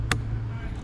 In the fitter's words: เรียบร้อยนะครับล็อกเรียบร้อย